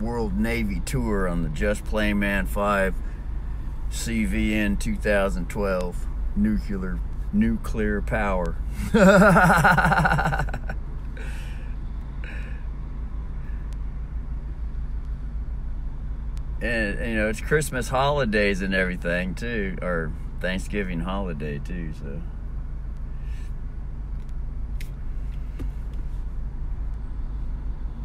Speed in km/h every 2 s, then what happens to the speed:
3, 3, 3, 3, 3, 2, 2, 2, 2, 2, 2, 2, 2, 3.
0-12 steady at about 3. 12-22 standing. 22-28 steady at about 2.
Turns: none.